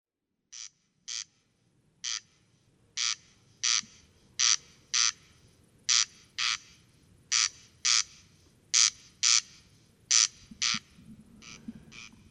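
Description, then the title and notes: Corn crake, dry rasping double notes starting quietly, then a long steady run of loud crex-crex pairs, with faint low background noise. Single singing bird near a peat bog, Col Bayard, Hautes-Alpes, France, 12 July 2018, evening; sang continuously from 23:00 until dawn; recorded with Nagra Seven and Telinga Pro7 parabola. "Col Bayard - Hautes Alpes. Râle des genêts"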